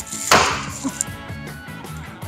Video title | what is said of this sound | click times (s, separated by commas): Squarebody K5 Blazer steering shaft and steering column bearing upgrade! #uintagarage #squarebody | I know you guys couldn't see that but you could at least hear that click that click is that bearing sitting down inside that just | 1.0 s